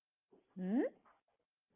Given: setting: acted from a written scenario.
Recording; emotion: vocal sound without words; neutral